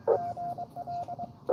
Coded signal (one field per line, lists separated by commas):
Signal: Morse code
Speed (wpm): 23 wpm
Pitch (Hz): 700 Hz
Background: radio noise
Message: GL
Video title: N2AKJ is live at sunken meadow state park us-2147 with w2smf doing pota